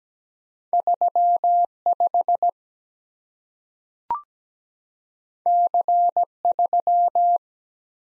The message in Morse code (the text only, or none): 3 5 C 3